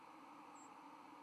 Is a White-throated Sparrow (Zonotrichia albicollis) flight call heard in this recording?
yes